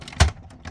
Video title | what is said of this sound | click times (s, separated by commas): Transformers Titans Return Fortress Maximus Part. 1 | shove it on in till it you hear it clip into place | 0.2 s